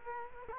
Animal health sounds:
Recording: mosquito wingbeat signal from an infrared sensor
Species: Culex quinquefasciatus

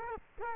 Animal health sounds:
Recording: mosquito wingbeat signal from an infrared sensor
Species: Culex quinquefasciatus

